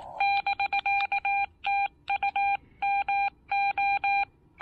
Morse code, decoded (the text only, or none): <BK> TU MO